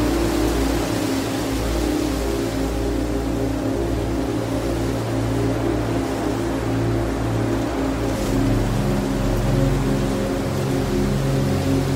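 Wind blows steadily across open fields as a soft, even rush of air, layered with slow music tuned to 432 Hz made of low held tones that hum underneath. Loudness stays level for the whole stretch, with a slightly brighter gust near eight seconds.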